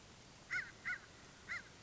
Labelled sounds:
American Crow (Corvus brachyrhynchos)
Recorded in Sonoma County, California

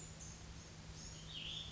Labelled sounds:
Cassin's Vireo (Vireo cassinii)
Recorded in Sonoma County, California

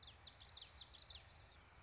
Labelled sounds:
Common Yellowthroat (Geothlypis trichas)
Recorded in Sonoma County, California

